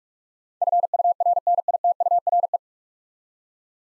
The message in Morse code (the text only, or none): FURNITURE